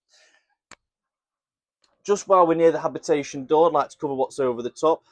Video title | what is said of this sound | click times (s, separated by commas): Frankia Platin i8400 Plus- £154,999 - A Class Motorhome - Rove! Motorhomes Gunthorpe | and then push the whole unit back until it clicks in. | 0.7 s